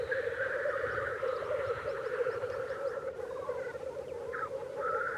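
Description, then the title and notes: Black grouse giving a continuous low bubbling, cooing chorus that rolls on without pause. "Teeri. Asko Hauta-aho"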